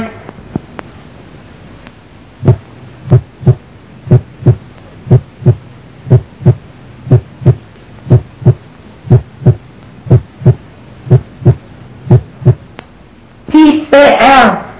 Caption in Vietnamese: Khi khoảng TR từ 12% giây đến 16% giây thì tiếng thứ nhất nghe mạnh, rõ hơn tiếng thứ hai.